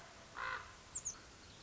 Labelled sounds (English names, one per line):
Common Raven